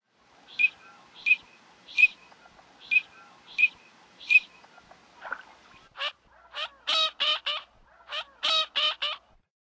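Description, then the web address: Green-winged teal calls: a series of short, high whistled notes spaced under a second apart, followed by a run of rasping bursts in quick succession; otherwise quiet. Recorded in the western USA, North America. "Songs of Birds of North America Western USA Songbirds. Green-winged Teal"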